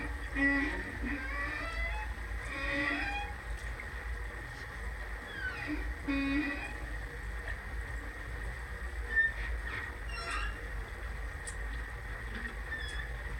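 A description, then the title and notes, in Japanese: Ambience at Pukari Pier: a steady low rumble runs throughout, with a thin, constant high tone sitting above it. Short chirps and squeaky sliding calls come and go every few seconds, and sharp clicks stand out around 9 and 10 seconds. ぷかりさん橋（HPL2 バイノーラル）。マイクロフォン：JrF microphones STANDARD HYDROPHONE ×2、CURRENT CSP906 ×2（ABステレオ）。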